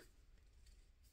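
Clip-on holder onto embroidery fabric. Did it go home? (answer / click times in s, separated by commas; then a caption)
no / none. A clip-on holder is being handled and pressed onto cross-stitch embroidery fabric after it was not clipped on properly. Soft, low rustling and handling noise continues throughout. Nothing has seated or clicked yet.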